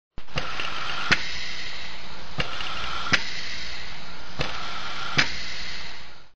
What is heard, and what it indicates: Anesthesia Ventilator.